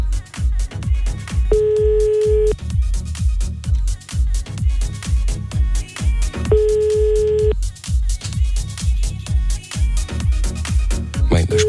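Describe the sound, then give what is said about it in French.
A telephone busy signal when calling someone back after the call was cut off: a steady mid-pitched tone sounding in one-second bursts a few seconds apart, over a loud, thumping rhythmic music beat. “Bon, écoute, on va le rappeler.”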